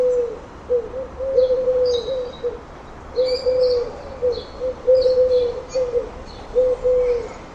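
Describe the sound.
Bird giving low, soft cooing notes in repeated phrases, with faint high chirps from other birds over steady background noise.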